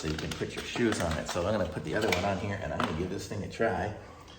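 A rubbery platform pedal adapter is handled near a clipless exercise bike pedal, about to be pressed on as the second of two, while someone talks throughout with a few light taps underneath. Nothing has seated or clicked onto the pedal yet.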